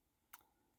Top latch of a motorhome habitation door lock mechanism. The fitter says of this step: but then it doesn't click the second time.